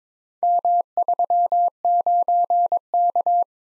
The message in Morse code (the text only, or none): M39K